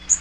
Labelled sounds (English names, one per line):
Magnolia Warbler flight call